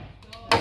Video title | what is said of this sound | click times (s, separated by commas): How to fit (and remove) a drive belt on a cross trainer | the belt snaps into place. | 0.5 s